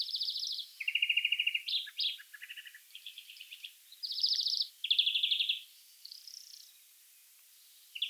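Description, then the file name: European greenfinch twittering: bursts of rapid, rattling trills at varied pitches, each lasting under a second, with short pauses and a quiet stretch near the end. "Chloris chloris"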